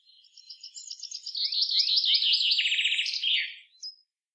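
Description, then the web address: Common chaffinch song: a bright, rattling run of notes descending in pitch into a trill and ending with a short flourish, followed by one faint high note. "oiseaux chant pinson des arbres"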